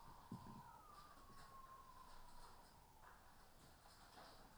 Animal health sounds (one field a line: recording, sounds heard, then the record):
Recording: poultry house recording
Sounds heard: healthy chickens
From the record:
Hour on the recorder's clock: 14